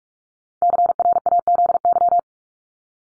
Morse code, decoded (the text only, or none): CRAZY